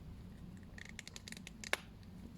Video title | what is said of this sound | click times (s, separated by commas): Cody Rhodes AEW Supreme Figure - Perfect for WWE Elite - Unboxing and Review with Za Grand Cat | just snaps on there and we'll give them the heel built and | 1.7 s